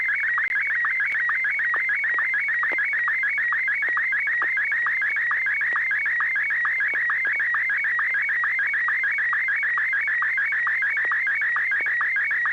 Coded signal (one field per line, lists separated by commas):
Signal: SSTV (slow-scan television)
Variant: Martin 1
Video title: N6NA SSTV Net - 03/31/2021